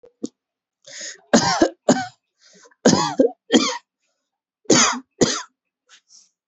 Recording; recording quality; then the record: heavy voluntary cough; excellent, no background noise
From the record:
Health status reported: healthy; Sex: male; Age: 23 years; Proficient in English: yes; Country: India